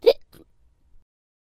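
A single abrupt, sharply starting voiced 'hic' from an adult, followed about a third of a second later by a fainter short catch of breath, then silence. This is a hiccup, a sudden involuntary spasm of the diaphragm that snaps the vocal cords shut.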